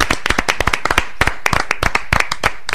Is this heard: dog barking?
no